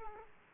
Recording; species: mosquito wingbeat signal from an infrared sensor; Aedes aegypti